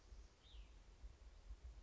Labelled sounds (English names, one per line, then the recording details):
Cassin's Vireo
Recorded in Sonoma County, California